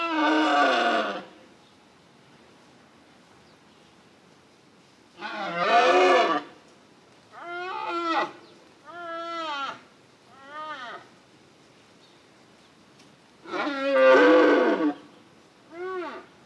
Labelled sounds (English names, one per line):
Wapiti